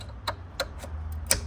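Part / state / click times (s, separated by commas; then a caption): wiring harness connector into the back of the head unit / seated / 1.3 s. A plastic wiring harness connector is pushed back into the back of the head unit (radio) of a Toyota Land Cruiser 200 series. A few light plastic ticks come before the loudest, sharpest click at 1.3 s, when the connector locks in and is seated.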